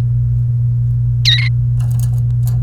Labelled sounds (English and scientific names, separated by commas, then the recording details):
Domestic Canary (Serinus canaria) song
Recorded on 28 April 2018 at 15:36
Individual llb3